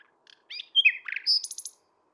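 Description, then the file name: Common nightingale song phrase: soft opening notes, then sharp whistles sliding down, closing with a fast high trill. "Luscinia megarhynchos"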